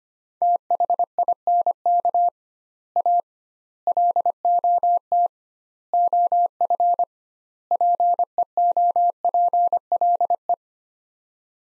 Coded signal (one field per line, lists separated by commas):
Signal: Morse code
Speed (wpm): 25 wpm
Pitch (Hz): 700 Hz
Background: none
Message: THINK A LOT OF PEOPLE